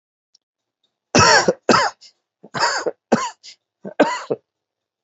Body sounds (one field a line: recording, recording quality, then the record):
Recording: heavy voluntary cough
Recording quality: excellent, no background noise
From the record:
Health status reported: COVID-19 positive, mild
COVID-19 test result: positive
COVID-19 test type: RT-PCR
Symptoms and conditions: cold, breathing difficulty, sore throat, fever, fatigue, muscle pain, loss of smell and taste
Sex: male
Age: 33 years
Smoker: no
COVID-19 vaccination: both doses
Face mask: worn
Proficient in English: yes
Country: India